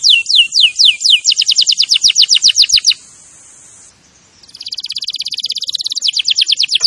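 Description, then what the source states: Canary singing descending chirps that speed into a fast trill, a faint hissing pause, then a buzzy rolling trill building to the end. Canary singing vigorously (gacor).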